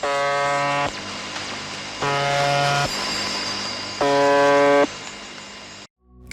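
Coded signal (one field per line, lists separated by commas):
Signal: channel marker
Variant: UVB-76 (The Buzzer)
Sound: three harsh, low, horn-like buzzes of under a second each, separated by static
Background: radio static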